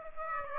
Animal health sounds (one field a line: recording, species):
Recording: mosquito wingbeat signal from an infrared sensor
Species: Aedes aegypti